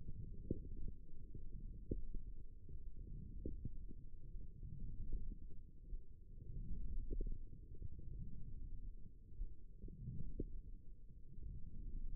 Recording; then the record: forearm muscle sounds (acoustic myography)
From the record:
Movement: forearm supination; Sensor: system 1, eight BSWA MPA416 microphones around the upper forearm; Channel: 1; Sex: female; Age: 22 years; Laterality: right